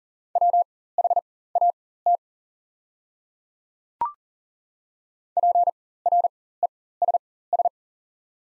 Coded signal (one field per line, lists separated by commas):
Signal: Morse code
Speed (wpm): 40 wpm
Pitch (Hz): 700 Hz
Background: none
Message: WHAT PRESS